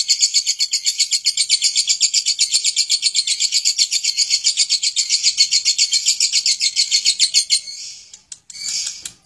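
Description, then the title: Lovebird pouring out a long, fast, high-pitched chattering trill for about seven seconds, then falling silent apart from a few clicks and taps. Lovebird giving a long ngekek chattering song. "Lovebird Ngekek Panjang"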